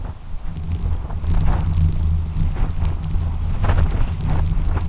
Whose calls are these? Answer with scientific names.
none